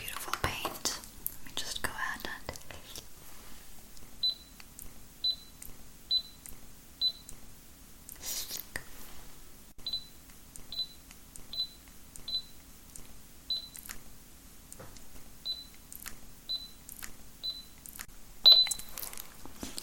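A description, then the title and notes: Quiet mouth sounds and soft taps and rustles open the first few seconds. After that comes a run of short, bright chirps, like squeaks from an object, repeating about twice a second in two bursts, with scattered clicks over a faint low hum. Girl With Long Nails Spit Paints You With Random Objects.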